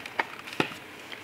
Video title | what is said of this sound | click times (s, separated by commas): Real time Volvo 240 Wing Mirror Build and Install - With Added Waffle! | bara snäpper in åh de bara trycker på det är | 0.2 s, 0.6 s